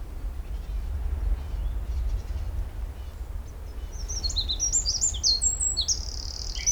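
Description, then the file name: Eurasian wren song starting after about four seconds over continuous low rumbling noise, then a rapid run of high, piercing notes and trills to the end. "Troglodytes troglodytes"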